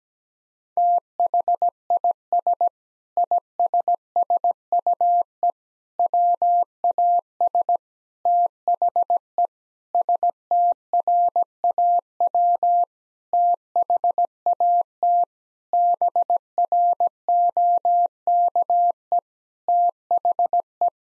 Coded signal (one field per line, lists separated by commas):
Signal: Morse code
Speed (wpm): 17 wpm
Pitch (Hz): 700 Hz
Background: none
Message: THIS ISSUE WAS THE STRAW THAT BROKE THE